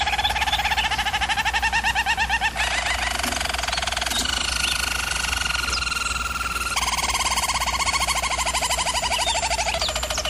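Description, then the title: German Roller canary song: deep rolling trills alternating with higher smooth tours, sung without a break. Singing used for canary training. "German Roller Canary Singing - Canary Training Vid"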